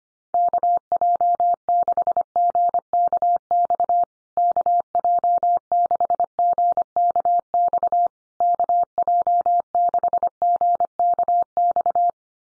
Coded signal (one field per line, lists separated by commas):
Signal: Morse code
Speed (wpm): 25 wpm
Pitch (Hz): 700 Hz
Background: none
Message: KJ6GKX KJ6GKX KJ6GKX